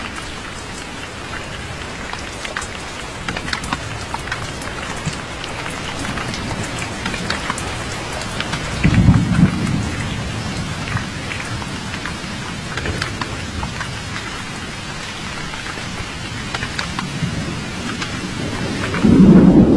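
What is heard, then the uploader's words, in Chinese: A wide, enveloping thunderstorm: steady, dense rain hisses throughout, dotted with crisp drops striking surfaces. Deep thunder rolls swell in the low end around nine seconds and again just before the end, over a constant low rumble. 8D全景雷雨声。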